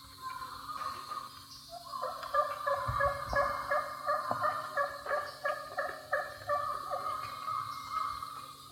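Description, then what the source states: Wild turkey calls, a dense chorus of overlapping notes from several birds, with occasional sharp clicks and a steady low hum throughout. Wild turkeys at a roost in the morning.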